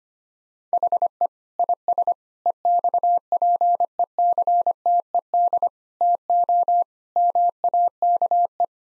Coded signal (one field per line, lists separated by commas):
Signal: Morse code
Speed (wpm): 25 wpm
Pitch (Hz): 700 Hz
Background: none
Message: HE IS EXPECTED TO MAKE